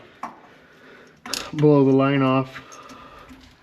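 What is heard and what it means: A fuel line quick-connect coupling is handled at its fuel system fitting during an AirDog 5G 220 lift pump install on a shorty F150 with a 12-valve 5.9 Cummins. A light tap is heard at about 0.2 s, then a burst of handling noise around 1.3 s, and someone talks from about 1.5 to 2.4 s. Nothing has seated or clicked yet.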